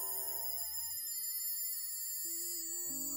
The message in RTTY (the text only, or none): KO1H KO1H